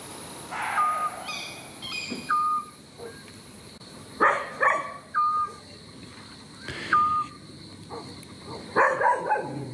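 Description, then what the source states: Eurasian scops owl giving short, flat whistled notes between bursts of a dog's barking. Calling together with a barking guard dog, recorded in Rivo Dutri, Umbria.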